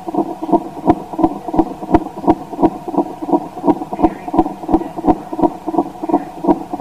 Heartbeat.